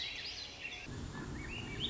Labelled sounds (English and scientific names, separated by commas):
Swainson's Thrush (Catharus ustulatus)